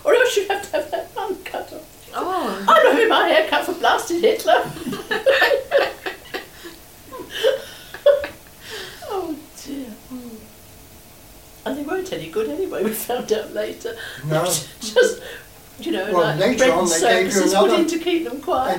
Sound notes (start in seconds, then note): 7.1 laughs; 12.9 laughs